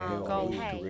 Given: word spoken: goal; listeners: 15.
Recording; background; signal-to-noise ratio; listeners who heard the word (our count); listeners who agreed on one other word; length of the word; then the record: one English word in noise, from a listening test; four-talker babble; 0.3 dB; 6 of 15; 8 of 15; 0.50 s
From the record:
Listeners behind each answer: 8, 6, 1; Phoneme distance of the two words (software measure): 7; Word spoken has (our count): 1 syllable, 3 phonemes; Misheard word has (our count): 1 syllable, 4 phonemes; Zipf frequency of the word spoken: 4.97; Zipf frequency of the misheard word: 5.10